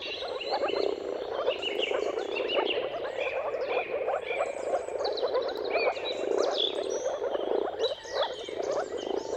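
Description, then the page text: Moor frogs in a thick chorus of overlapping bubbling calls, while songbirds chirp and trill busily above. Many moor frogs in a mating chorus at sunrise, at the turn of March and April depending on the weather. "Jakub-Orzecki moor frogs. Depending on the weather at the turn of March and April, you can witness an amazing spectacle of moor frogs"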